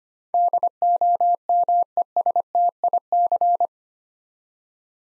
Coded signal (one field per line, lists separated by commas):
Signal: Morse code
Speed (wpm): 25 wpm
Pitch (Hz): 700 Hz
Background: none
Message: DOMESTIC